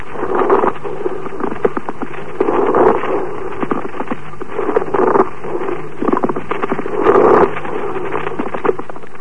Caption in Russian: Шум трения плевры представляет собой прерывистый звук непостоянной интенсивности. Он выслушивается в обе фазы дыхания, изменяется при надавливании фонендоскопом на грудную клетку, а при покашливании не изменяется. Теперь после покашливания.